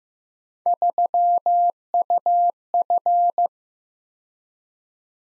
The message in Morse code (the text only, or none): 3UF